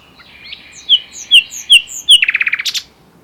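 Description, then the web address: Common nightingale song: a few whistled notes, then a loud rapid trill of repeated notes. "pub SETE data Luscinia megarhynchos"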